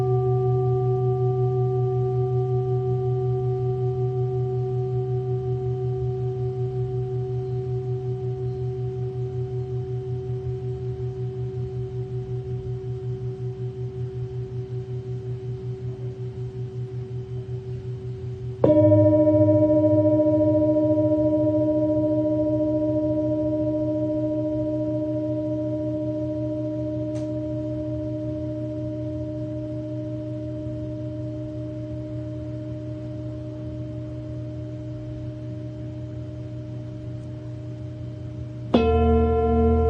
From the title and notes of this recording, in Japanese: メキシコから シンギングボウルのサウンドヒーリング。